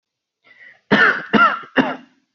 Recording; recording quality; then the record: shallow voluntary cough; excellent, no background noise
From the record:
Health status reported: healthy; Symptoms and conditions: none ticked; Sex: male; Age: 28 years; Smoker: not ticked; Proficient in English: yes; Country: India